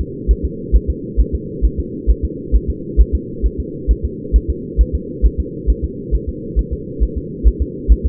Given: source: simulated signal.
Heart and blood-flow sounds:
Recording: fetal heart sounds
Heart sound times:
0.01 s: S2
0.31 s: S1
0.45 s: S2
0.76 s: S1
0.90 s: S2
1.20 s: S1
1.35 s: S2
1.65 s: S1
1.80 s: S2
2.10 s: S1
2.25 s: S2
2.56 s: S1
2.70 s: S2
3.01 s: S1
3.15 s: S2
3.46 s: S1
3.60 s: S2
3.91 s: S1
4.05 s: S2
4.36 s: S1
4.50 s: S2
4.81 s: S1
4.95 s: S2
5.26 s: S1
5.40 s: S2
5.70 s: S1
5.84 s: S2
6.15 s: S1
6.29 s: S2
6.59 s: S1
6.73 s: S2
7.03 s: S1
7.18 s: S2
7.48 s: S1
7.62 s: S2
7.92 s: S1
8.06 s: S2
From the record:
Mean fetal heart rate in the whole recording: 135 bpm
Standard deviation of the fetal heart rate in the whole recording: 3 bpm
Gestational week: 34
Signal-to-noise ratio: -4.1 dB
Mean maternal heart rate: no maternal heart sound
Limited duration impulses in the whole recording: absent

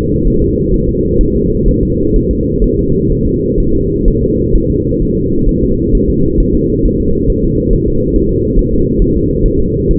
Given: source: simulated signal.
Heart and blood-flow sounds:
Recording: fetal heart sounds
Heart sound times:
0.27 s: S1
0.42 s: S2
0.74 s: S1
0.89 s: S2
1.21 s: S1
1.36 s: S2
1.68 s: S1
1.83 s: S2
2.16 s: S1
2.31 s: S2
2.64 s: S1
2.79 s: S2
3.12 s: S1
3.27 s: S2
3.60 s: S1
3.75 s: S2
4.08 s: S1
4.23 s: S2
4.55 s: S1
4.70 s: S2
5.02 s: S1
5.17 s: S2
5.49 s: S1
5.63 s: S2
5.95 s: S1
6.10 s: S2
6.40 s: S1
6.55 s: S2
6.85 s: S1
7.00 s: S2
7.30 s: S1
7.45 s: S2
7.73 s: S1
7.88 s: S2
8.16 s: S1
8.31 s: S2
8.59 s: S1
8.74 s: S2
9.02 s: S1
9.17 s: S2
9.46 s: S1
9.60 s: S2
9.91 s: S1
From the record:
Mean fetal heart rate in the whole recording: 130 bpm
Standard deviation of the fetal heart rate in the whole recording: 4 bpm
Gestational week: 38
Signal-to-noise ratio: -15.3 dB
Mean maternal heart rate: 72 bpm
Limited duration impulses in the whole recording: present

